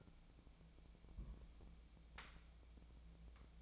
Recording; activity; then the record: daily activity, microphone in the room; place on stove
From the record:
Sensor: 1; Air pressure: 1000.0 hPa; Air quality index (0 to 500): 132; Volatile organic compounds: 2 ppm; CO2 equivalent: 1253 ppm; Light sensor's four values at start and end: 42/107/45/56 and 42/107/45/56